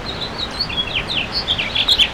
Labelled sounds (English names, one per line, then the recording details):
House Finch song
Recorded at Baldwin on Long Island, New York, on 28 May 2013
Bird G